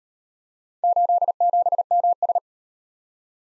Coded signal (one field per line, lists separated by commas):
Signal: Morse code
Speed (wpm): 36 wpm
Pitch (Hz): 700 Hz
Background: none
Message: 87MS